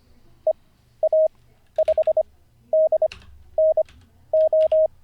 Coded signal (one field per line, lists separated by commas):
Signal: Morse code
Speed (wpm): 25 wpm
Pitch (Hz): 630 Hz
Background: none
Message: EA5DNO